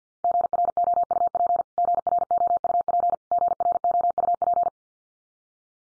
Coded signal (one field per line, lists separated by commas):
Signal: Morse code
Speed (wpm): 50 wpm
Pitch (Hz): 700 Hz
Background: none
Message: GROUP GROUP GROUP